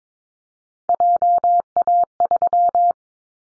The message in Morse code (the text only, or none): JA3